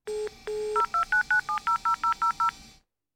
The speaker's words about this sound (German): hat schon sein Handy in der Hand und wählt die 110